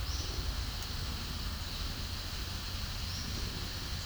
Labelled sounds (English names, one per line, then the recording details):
none
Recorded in pastures near Puerto Asís, Putumayo, Colombia, on 4 March 2025 at 11:30
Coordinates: 0.497, -76.327
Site G072